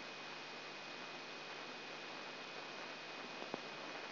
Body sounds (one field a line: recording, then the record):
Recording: brain microelectrode recording played as sound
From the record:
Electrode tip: inside the subthalamic nucleus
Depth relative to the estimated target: -4 mm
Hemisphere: left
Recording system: AlphaMap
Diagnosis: Parkinson's disease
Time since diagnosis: 9 years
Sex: male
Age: 66 years